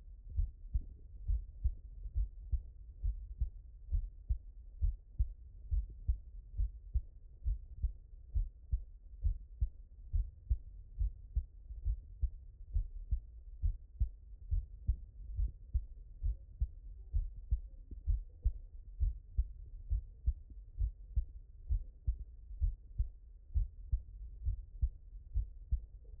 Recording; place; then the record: heart sounds by stethoscope; mitral valve (MV)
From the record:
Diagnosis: non-HFrEF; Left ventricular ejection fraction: 60%